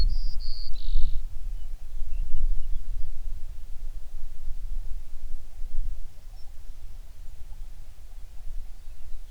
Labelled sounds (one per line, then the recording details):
songbird
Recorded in the Prudhoe Bay oil fields, Alaska, on 11 June 2019 at 05:11
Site 21